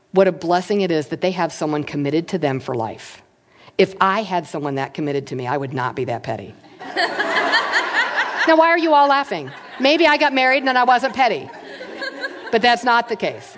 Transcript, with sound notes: what a blessing it is that they have someone committed to them for life. If I had someone that committed to me, I would not be that petty. (laughter) Now, why are you all laughing? Maybe I got married, and then I wasn’t petty. But that’s not the case.